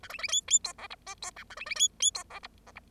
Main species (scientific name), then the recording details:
Lonchura striata domestica. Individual Bird0